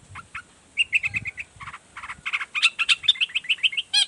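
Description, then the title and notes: Long-tailed shrike gives quick runs of bright, repeated chirping notes, becoming louder and denser in the second half, with soft low thuds early on. Singing actively in the morning with varied 'toet toet' notes; recording used as a lure so other shrikes of any kind reply quickly and open their beaks. "Cendet Gacor Dor Di Kala Pagi Toet Toet Variasi Suara. Cendet Gacor Efektif Pancingan Buat Cendet Jenis Apapun Agar Cepat Nyaut Buka Paruh. Burung cendet"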